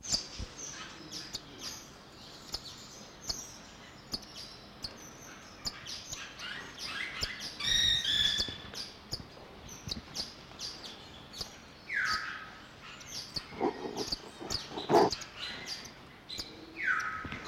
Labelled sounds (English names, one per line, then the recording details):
African Silverbill call
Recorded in captivity
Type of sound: call sequence
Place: Zoo Berlin, Berlin, DE
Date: 1986-11-14 11:59
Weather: sunny 7 - 8°
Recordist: Tembrock, Günter